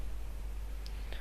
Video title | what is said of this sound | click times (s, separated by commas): Cooler Master HAF 912 PLUS Review | and just make sure it clicks, and then it's secure. | 0.9 s